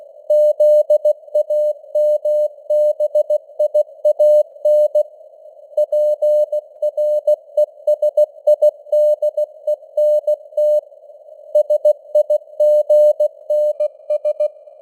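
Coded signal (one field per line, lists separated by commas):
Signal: Morse code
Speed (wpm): 16 wpm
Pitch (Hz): 600 Hz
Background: none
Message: ZAMBIAN PRESIDENT SIGNS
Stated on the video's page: Computer-generated Morse news headlines at 16 wpm, with simulated radio noise and varying signal strength (QSB).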